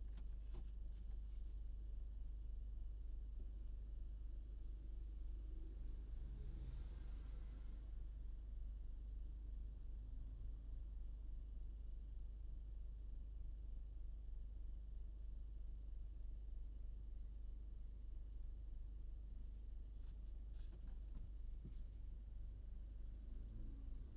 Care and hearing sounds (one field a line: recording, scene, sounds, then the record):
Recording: everyday scene through a hearing-aid microphone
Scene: in a vehicle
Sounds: engine idling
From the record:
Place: Berlingo II, diesel engine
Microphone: in the ear canal, right